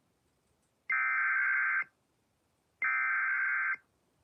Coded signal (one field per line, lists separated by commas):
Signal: Emergency Alert System (SAME) tones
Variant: header bursts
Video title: EAS Fire Warning #8 3/14/25 (Credit Goes To @SouthernPennsylvaniaWX & @KanawhaCountyWX)